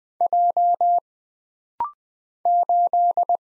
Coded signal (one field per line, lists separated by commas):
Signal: Morse code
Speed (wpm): 20 wpm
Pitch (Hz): 700 Hz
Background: none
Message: J 8